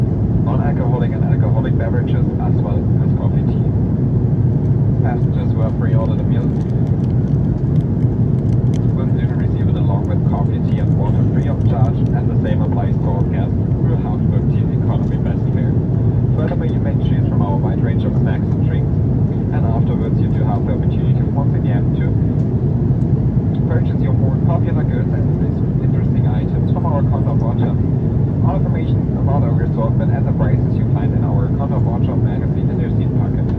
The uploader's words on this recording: FULL FLIGHT - Airbus A330 Palma to Frankfurt (Condor). Full flights with all of it's sounds including passenger announcements, service and of course the engines.